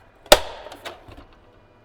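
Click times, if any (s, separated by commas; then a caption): 0.3 s. A finished metal rain gutter with crimped-on clips is pushed onto a hanger clip mounted on a building wall. A faint tick at 0.3 s leads into a sharp, loud metallic snap at 0.3 s that rings and fades, followed by a few softer knocks near 0.7, 0.9 and 1.1 s. The gutter snaps into place and is seated on the hanger.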